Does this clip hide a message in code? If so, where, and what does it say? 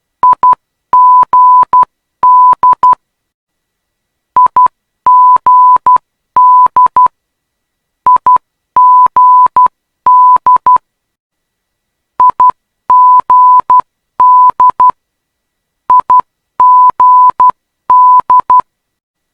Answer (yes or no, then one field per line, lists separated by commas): yes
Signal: Morse code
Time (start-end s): 0.2-18.6 s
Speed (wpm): 12 wpm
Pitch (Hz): 1000 Hz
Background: none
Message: IGD IGD IGD IGD IGD